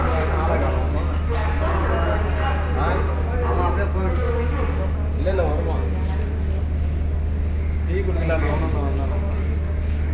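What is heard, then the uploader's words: At Bangalore City railway station, many voices overlap in a steady murmur of talk, with a few clearer voices rising around the middle and near the end. A constant low hum sits beneath the crowd throughout, and the level stays even from start to finish. Railway station : Bangalore City.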